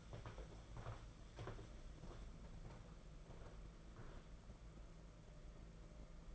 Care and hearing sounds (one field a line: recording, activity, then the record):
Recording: daily activity, microphone in the room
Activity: walk to room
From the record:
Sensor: 5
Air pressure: 992.2 hPa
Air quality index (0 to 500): 212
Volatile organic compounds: 1000 ppm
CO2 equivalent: 6152 ppm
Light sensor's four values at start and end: 6/16/6/7 and 6/16/6/7